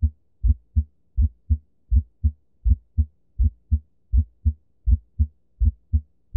Split S1 Heart Sound. The M1 sound occurs slightly before T1. A split S1 sound is common in the setting of a right bundle branch block &nbsp;or ventricular tachycardia/premature ventricular contractions, or PVCs, &nbsp;with a right bundle branch block morphology.